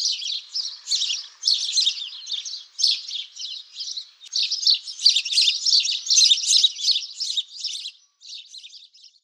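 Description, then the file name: Sparrow chirps in quick irregular bursts, a busy chatter of short high notes that thins out over the last second. "wróbel"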